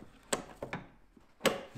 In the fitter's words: Klipse lösen, also ein bisschen nach hinten ziehen.